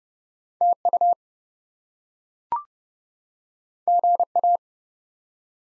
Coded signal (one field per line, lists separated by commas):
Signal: Morse code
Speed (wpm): 30 wpm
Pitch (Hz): 700 Hz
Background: none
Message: TU GA